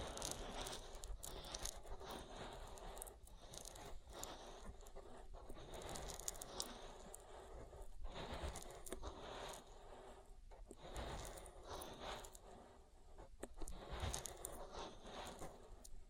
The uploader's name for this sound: Oil Ear Massage